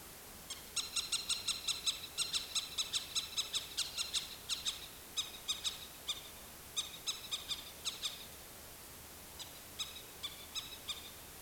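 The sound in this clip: Bird alarm call: rapid dry chattering notes in quick runs, pausing briefly between bursts, over steady background hiss.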